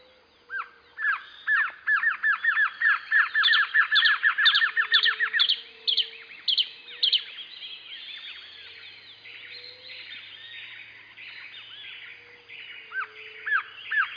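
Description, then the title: Glossy antshrike: a long run of sharp downslurred notes, then a softer jumble of overlapping chirps and a few more notes at the end. Subspecies araguayae. "LuckyPassaro Completos2Sama. Glossy Antshrike (Sakesphorus luctuosus araguayae)"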